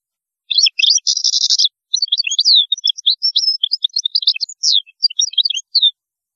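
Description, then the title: European goldfinch song opening with a few notes and a buzzy trill, then a rapid tumbling series of high, twittering and sliding notes for several seconds. "Chant Chardonneret"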